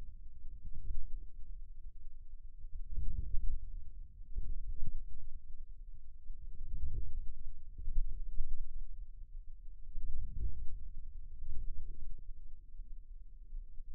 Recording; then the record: forearm muscle sounds (acoustic myography)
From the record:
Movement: outward rotation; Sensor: system 2, bracelet of six BSWA MPA416 microphones around the upper forearm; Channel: 1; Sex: male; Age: 22 years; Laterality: right